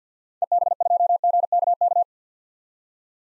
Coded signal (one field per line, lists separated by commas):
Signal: Morse code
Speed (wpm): 50 wpm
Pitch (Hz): 700 Hz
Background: none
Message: EB2GKK